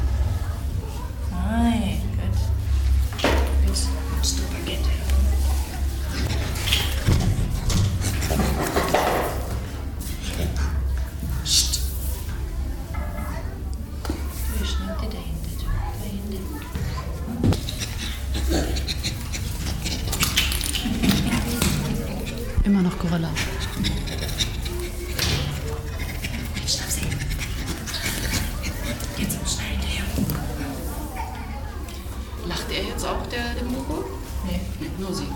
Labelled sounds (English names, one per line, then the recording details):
Western Gorilla call
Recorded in captivity
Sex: female
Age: juvenile
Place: Tiergarten Wilhelma/Stuttgart, Baden-Württemberg, DE
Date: 1996-09-21 14:15
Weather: sonnig, 16°C
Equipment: Sony MD-WM MZ-R3, Sennheiser ME 80, Kopie Uher 4000 Report Monitor
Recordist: Wendland-Tembrock, Sylvia